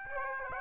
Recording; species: mosquito wingbeat signal from an infrared sensor; Aedes aegypti